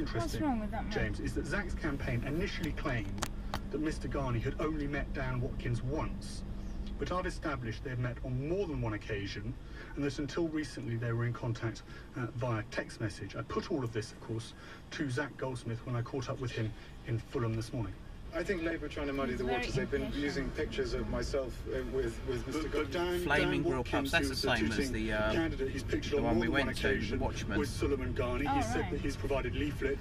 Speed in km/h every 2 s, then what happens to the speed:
6, 3, 5, 5, 3, 2, 0, 0, 3, 5, 6, 8, 10, 11, 11.
0-9 steady at about 5. 9-15 standing. 15-23 pulls away to 10. 23-30 steady at about 11.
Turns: none.